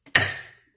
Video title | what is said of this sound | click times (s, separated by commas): How to wind a bobbin on a sewing machine | pop it over and click it into place. | 0.2 s